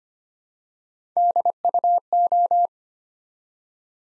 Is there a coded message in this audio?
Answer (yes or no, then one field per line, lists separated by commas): yes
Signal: Morse code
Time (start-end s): 1.2-2.7 s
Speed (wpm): 25 wpm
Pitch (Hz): 700 Hz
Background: none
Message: DUO